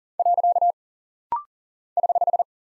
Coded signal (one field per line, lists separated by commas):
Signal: Morse code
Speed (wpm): 39 wpm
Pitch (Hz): 700 Hz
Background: none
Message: . <HH>